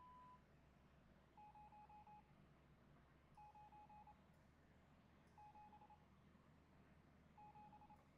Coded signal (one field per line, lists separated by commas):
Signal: Morse code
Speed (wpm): 26 wpm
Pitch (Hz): 840 Hz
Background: none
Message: 0 9 7 7